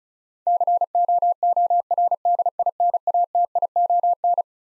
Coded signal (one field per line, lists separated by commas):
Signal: Morse code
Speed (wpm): 36 wpm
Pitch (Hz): 700 Hz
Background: none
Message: COORDINATION